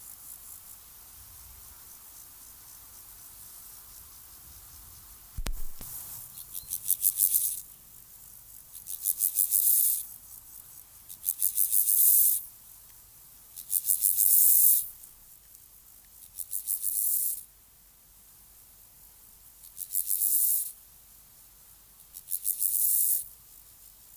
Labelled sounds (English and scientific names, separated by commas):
Water-meadow Grasshopper (Chorthippus montanus) stridulation